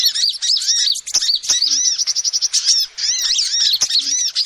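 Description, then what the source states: Lovebird calls in a busy, shrill twitter of repeated arched squeaks and sharp chips, with occasional clicks. Used as a lure (pikat) to trap birds.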